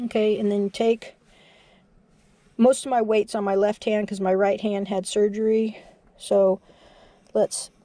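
A plastic backing washer is being handled onto the shank of a 30mm plastic safety eye set through the crochet fabric of a plush toy, with most of the weight on the left hand because the right hand had surgery. Someone talks throughout, with only faint handling sounds in the pauses. Nothing has seated or clicked yet.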